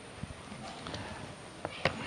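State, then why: Not seated. The leg of a nano ceramic roof tile is pushed toward the slot of the neighbouring tile's interlocking system, which holds the tiles together without screws. Small hard contact taps are heard at about 0.9, 1.7, 1.9 and 2.1 seconds. The leg has not yet seated or locked into the slot.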